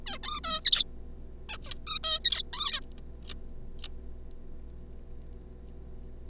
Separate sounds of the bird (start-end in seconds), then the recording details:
0.06-0.18, 0.23-0.40, 0.44-0.60, 0.65-0.84, 1.49-1.57, 1.66-1.71, 1.87-1.99, 2.04-2.19, 2.24-2.43, 2.53-2.80. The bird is a juvenile. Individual R3549